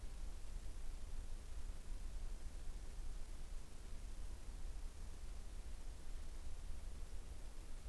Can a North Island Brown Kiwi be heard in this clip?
no